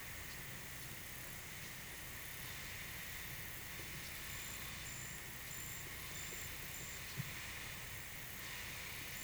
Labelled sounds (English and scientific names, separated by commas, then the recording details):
none
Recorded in pastures near Puerto Asís, Putumayo, Colombia, on 22 June 2025 at 10:30
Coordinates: 0.486, -76.323
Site H29